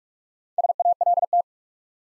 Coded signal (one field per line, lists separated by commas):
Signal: Morse code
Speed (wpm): 44 wpm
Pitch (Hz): 700 Hz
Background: none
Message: SALT